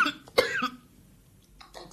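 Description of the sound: One sharp, explosive cough with a brief throat-clearing sound in a quiet room, interrupting an adult woman's speech; the cough was set off by candy going into her throat.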